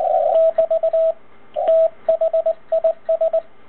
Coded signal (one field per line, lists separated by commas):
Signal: Morse code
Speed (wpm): 20 wpm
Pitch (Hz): 650 Hz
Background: radio noise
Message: <BT> THIS